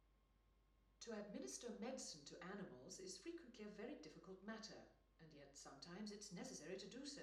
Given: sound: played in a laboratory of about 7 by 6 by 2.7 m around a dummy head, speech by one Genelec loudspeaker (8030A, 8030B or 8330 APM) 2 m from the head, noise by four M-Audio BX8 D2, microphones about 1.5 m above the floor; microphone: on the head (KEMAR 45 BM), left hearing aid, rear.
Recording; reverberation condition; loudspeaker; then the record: female speech in English; medium; 30 degrees to the left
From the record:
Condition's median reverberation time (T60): about 510 ms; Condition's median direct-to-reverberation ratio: about -0.5 dB